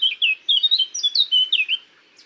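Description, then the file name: Eurasian blackcap song fragment: a quick burst of clear, fluty warbled notes lasting under two seconds. "Sylvia atricapilla"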